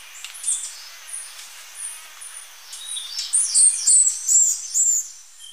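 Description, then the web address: Glistening-green tanager calls: thin, very high notes, faint and scattered at first, then a run of brighter high chips near the end. Ecuador. "Natures Songs S America Birds of Ecuador Glistening-green Tanager"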